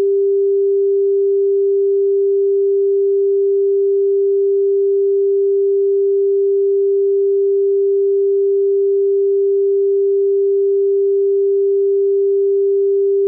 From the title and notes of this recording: 396 HZ POWERFUL PURE TONE. 396 Hz Solfeggio Frequency.